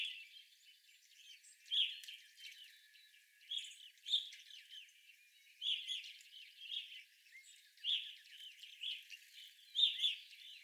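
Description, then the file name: Evening grosbeaks giving clumped burry call notes at irregular intervals, over a soft background of faint chirping. Several evening grosbeaks recorded on 25 April 2021. "2021-04-25 Evening Grosbeaks"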